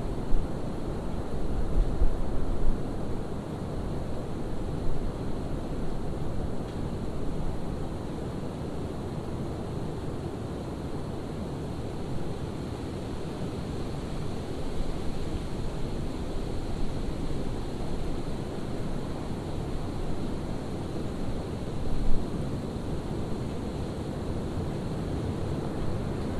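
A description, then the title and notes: A windstorm roars as a steady, dense low rumble, with a few brief stronger gusts near the start and around twenty-two seconds. Windstorm. Recorded by Dan Bodah at Penn Haus, Dingmans Ferry PA.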